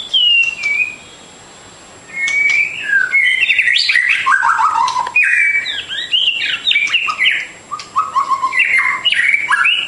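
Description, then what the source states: Bird song, a rapid varied run of loud whistled slurs, chattering notes and falling phrases, after a brief quiet pause early on. Song recording used for training (masteran) caged songbirds.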